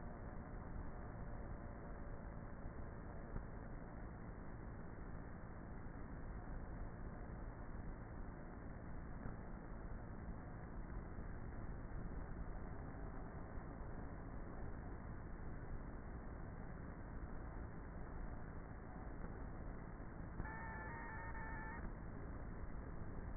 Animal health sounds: honeybee colony, microphone inside the hive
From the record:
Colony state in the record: queenless with a low population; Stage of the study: before two queens were removed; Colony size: about 30,000 bees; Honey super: no

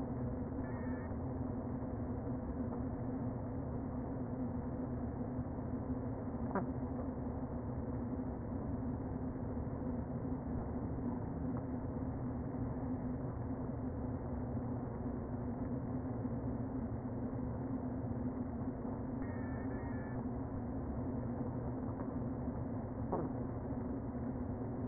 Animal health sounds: honeybee colony, microphone inside the hive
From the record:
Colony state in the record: queen present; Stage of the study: before two queens were removed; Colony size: about 60,000 bees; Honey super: yes

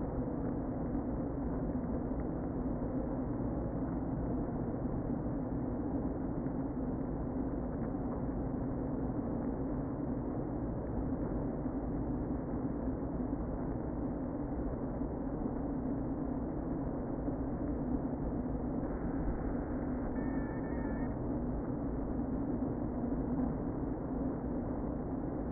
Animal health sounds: honeybee colony, microphone inside the hive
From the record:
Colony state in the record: queen present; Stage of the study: before two queens were removed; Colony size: about 60,000 bees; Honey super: yes

